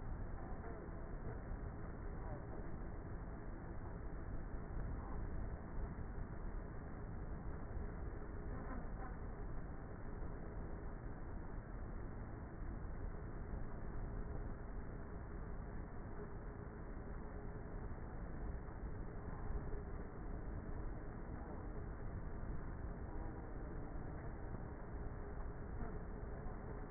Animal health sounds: honeybee colony, microphone inside the hive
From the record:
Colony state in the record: queenless with a low population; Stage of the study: before two queens were removed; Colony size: about 30,000 bees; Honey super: no

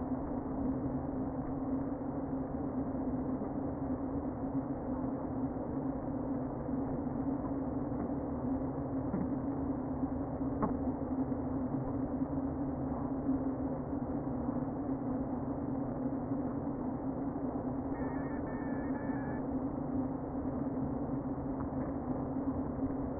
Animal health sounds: honeybee colony, microphone inside the hive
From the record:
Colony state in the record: queen present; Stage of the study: before two queens were removed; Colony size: about 60,000 bees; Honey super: yes

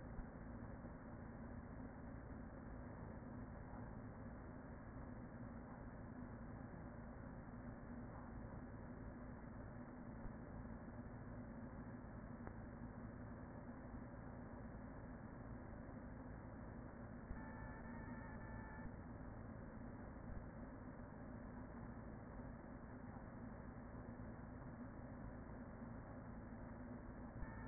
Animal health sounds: honeybee colony, microphone inside the hive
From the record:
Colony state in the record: queen present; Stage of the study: after two queens were removed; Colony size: about 40,000 bees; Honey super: no

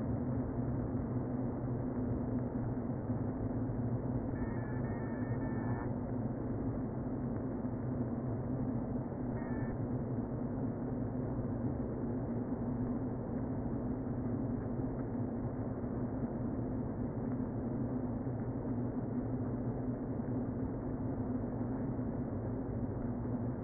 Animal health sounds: honeybee colony, microphone inside the hive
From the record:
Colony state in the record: queen present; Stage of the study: before two queens were removed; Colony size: about 60,000 bees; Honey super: yes

